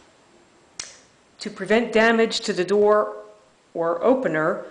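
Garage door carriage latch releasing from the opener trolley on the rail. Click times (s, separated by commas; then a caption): 0.8 s. A red emergency release handle on a cord is pulled, and the garage door's carriage latch disengages from the opener trolley on the rail with one sharp click at 0.8 s. Someone then talks. The door is released from the opener.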